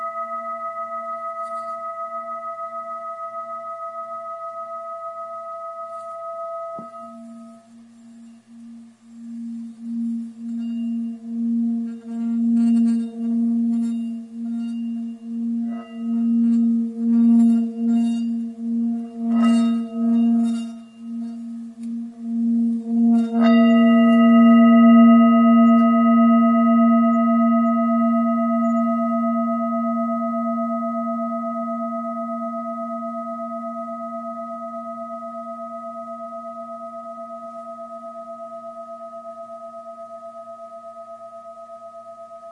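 A handmade Tibetan singing bowl hums with a low fundamental and bright, steady overtones. It rings softly at first, then is rubbed around the rim from about seven seconds, making a pulsing, wavering swell, before a firm strike near twenty-three seconds sends out a long, slowly fading ring.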